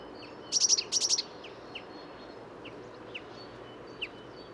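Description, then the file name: Eurasian blue tit calls: two quick bursts of four high, buzzy notes, followed by a few faint, scattered thin notes over a steady background hiss. "Cyanistes caeruleus"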